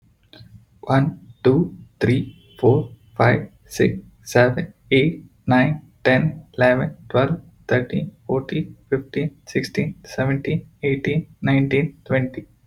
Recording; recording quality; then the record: counting at a normal pace; excellent, no background noise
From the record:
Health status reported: healthy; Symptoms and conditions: none ticked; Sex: male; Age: 25 years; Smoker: not ticked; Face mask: not worn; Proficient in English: yes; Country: India